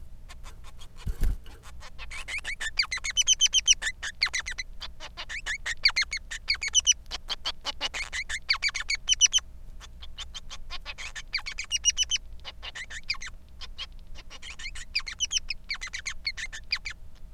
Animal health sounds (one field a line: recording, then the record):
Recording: song of a male Bengalese finch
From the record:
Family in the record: son of father 3